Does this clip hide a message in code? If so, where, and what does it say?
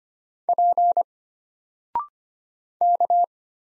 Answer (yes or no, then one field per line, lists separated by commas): yes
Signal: Morse code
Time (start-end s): 0.5-3.2 s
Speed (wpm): 25 wpm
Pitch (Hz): 700 Hz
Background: none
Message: P K